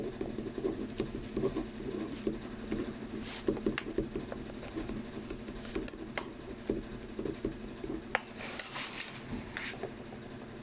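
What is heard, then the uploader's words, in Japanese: Someone copies out text by hand, with faint pen scratches and small taps scattered across a steady, low mechanical hum. 身体表現家 役者でない が何らかのテキストを書き写しているときの音をお送りします。今回は、素潜り旬さんの詩集『パスタで巻いた靴』より『パスタで巻いた靴』を移している最中の音です。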